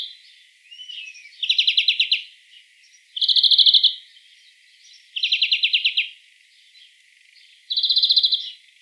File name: Chloris chloris